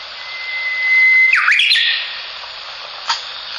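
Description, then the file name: Japanese bush warbler singing one long level whistle, then a fast run of swooping notes dipping and rising, with a steady hiss behind. "ウグイス"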